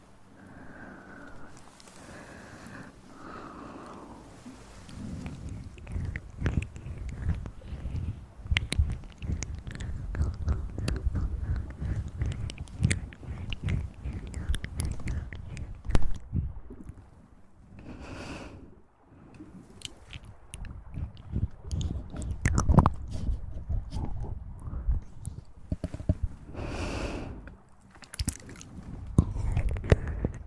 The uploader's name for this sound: Mouth Sounds & Breathing